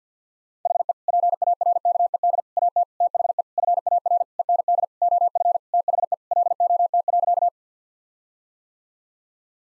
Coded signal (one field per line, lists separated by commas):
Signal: Morse code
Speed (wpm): 50 wpm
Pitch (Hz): 700 Hz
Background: none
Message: HE PARKED AT THE FAR END OF THE LOT.